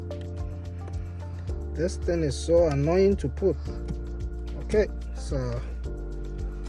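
Steady background music runs throughout, with someone talking around 1.8 to 3.5 s and again around 4.7 to 5.6 s. Only faint small ticks appear, such as one near 0.1 s, and nothing crisp enough to mark the part locking in.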